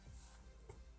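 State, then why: Seated. The plastic chest panel of a Transformers WFC Earthrise Optimus Prime action figure is folded down during its transformation. A light, short snap is heard at 0.7 s over a faint steady background as the chest piece seats into place.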